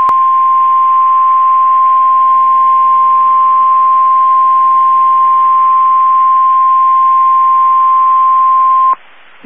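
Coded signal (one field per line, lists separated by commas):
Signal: Emergency Alert System (SAME) tones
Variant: 1050 Hz attention tone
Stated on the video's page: Alerts received from NOAA Weather Radio transmitters in Amarillo, Texas and Miami, Florida.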